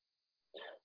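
A single short, dry cough of about a quarter second breaks a quiet background, with a mid-pitched, slightly throat-clearing quality. It is a lingering residual cough in an adult man recovering from COVID-19, about 16 days after his first symptoms, after a cough that had moved into his chest and then became a tickle in his throat.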